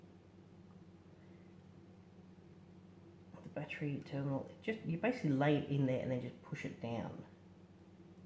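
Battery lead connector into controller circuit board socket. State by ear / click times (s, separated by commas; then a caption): not seated / none. Someone talks while a battery lead connector is laid into its socket on a controller circuit board, ready to be pushed down, with a steady low hum underneath. Nothing has seated or clicked yet by the end of the clip.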